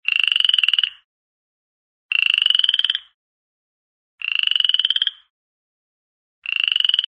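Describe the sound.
Frog croaking in pulsed, rattling bursts about one second long, repeated roughly every two seconds, with silence between.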